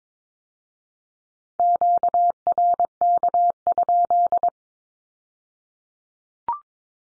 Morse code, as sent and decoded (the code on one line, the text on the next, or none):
--.- .-. -.- ..--..
QRK?